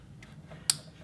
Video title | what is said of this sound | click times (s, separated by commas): Installing New Spark Plugs On The Mustang! -2003 Mustang Mach 1 | there we go that's the click we looking for | 0.7 s